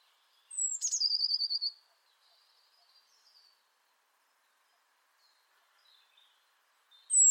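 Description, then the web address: Bird sounding a high falling whistle, a click and a short rapid trill, then faint scattered chirps, and the high whistle starting again at the end. "Deverinetal 2025 File origin Bird Only Cy Ca"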